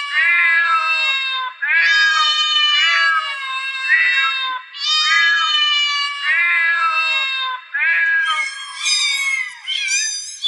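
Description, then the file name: Cat yowling in long, wavering wails repeated every couple of seconds, ending in higher, strained cries. "gatos"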